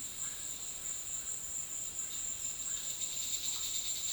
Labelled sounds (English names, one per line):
none